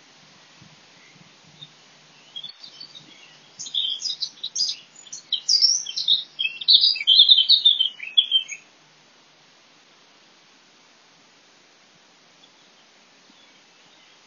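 In a forest, a bird sings a bright, rapid twittering phrase from about two to nine seconds, then quiet with faint low rumble.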